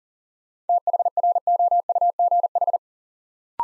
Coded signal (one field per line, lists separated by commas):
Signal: Morse code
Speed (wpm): 40 wpm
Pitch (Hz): 700 Hz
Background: none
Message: THROUGH